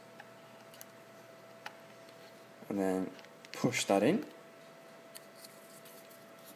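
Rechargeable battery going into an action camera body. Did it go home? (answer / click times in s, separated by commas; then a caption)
no / none. A rechargeable battery is slotted into the body of a GoPro HD Hero 2 action camera, with its contacts lined up before it is pushed in. Only faint ticks are heard at about 0.2, 0.8 and 1.7 seconds, and then someone talks. The battery has not seated or clicked yet.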